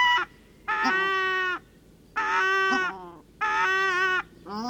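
Paradise shelduck giving drawn-out nasal honks, three full notes about a second long separated by short pauses, with a fourth call starting at the end.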